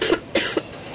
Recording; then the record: coughing mixed with background sound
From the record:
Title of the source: 55 gaggy wet cough